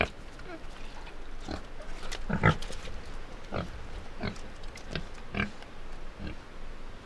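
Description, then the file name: Pig grunts, short and low, repeated irregularly, the loudest near two and a half seconds, against constant background noise. Two pigs grunting and squealing by a river in Iruya, Northwest Argentina. "Two pigs by the river grunting and squealing Iruya Northwest"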